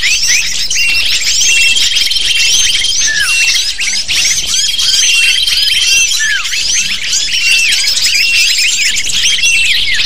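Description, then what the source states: Lovebirds squawking and chirping in a crowded chorus, sharp high notes and falling squeaks packed tightly, with long thin whistled tones drifting in and out. Lure call used to attract lovebirds.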